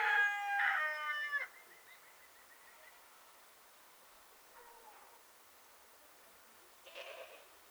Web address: Dizzy Duck - Sounds From Nature Rooster singing soft breeze cows dogs